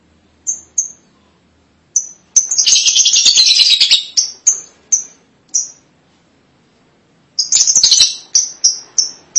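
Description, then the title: Lovebird calling: scattered sharp high chirps, broken by two bursts of shrill rapid chattering. "BM Suara Burung Lovebird"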